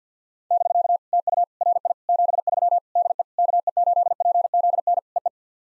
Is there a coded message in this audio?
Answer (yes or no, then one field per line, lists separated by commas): yes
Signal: Morse code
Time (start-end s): 0.5-5.3 s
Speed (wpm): 52 wpm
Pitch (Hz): 700 Hz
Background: none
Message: <BK> TU RI 73 DE KE8PZN EE